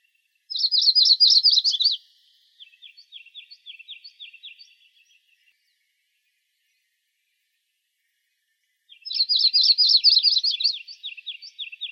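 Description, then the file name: Yellow-rumped Warbler song given twice: each a loud, fast warbled burst sliding into a softer, slower, slightly lower trill, about eight seconds apart. Dated 061704. "YRWA 4 deviche"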